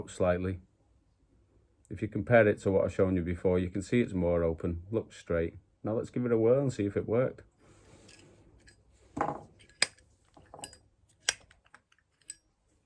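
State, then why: Partly seated. Someone talks, then the hinged lid of a metal Zippo pocket lighter is opened and closed to test it after the bent metal tab inside the lid has been adjusted, with the cam pressing against the tab. Only faint clicks are heard at 9.8 s and 11.3 s, among other small handling taps. The fix has only partly worked, likely because the tab is now bent out slightly too far.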